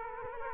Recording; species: mosquito wingbeat signal from an infrared sensor; Culex quinquefasciatus